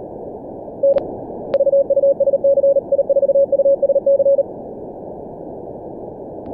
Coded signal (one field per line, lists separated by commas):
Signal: Morse code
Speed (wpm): 38 wpm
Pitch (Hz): 550 Hz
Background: none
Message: N VUSC I4USC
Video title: Good run 48q in 10 Min Morse Runner/Dxlog.net